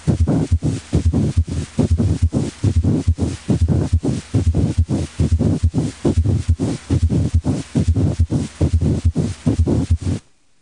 Pericardial friction rub is usually heard best and is sometimes palpable over the tricuspid and xiphoid areas. It is usually loud and may become louder during inspiration. The rub has a grating or scratchy, high-pitched sound that is heard best with the diaphragm of the stethoscope.